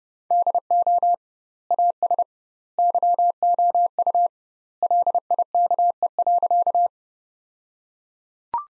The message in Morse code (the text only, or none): DO AS YOU LIKE.